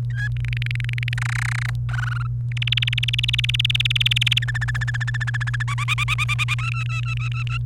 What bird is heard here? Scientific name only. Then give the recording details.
Serinus canaria. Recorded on 29 April 2018 at 12:59. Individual llb3